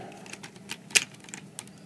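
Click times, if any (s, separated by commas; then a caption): none. A plastic panel of a DX Go-Buster Ace (Buster Machine CB-01) transforming toy robot is handled as it closes around the robot's hand again, after being reopened so the sword could be fitted into the hand. Light plastic taps and rattles are heard throughout, with a louder brushing burst near 1.0 s. Nothing has seated or clicked yet.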